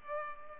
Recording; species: mosquito wingbeat signal from an infrared sensor; Culex pipiens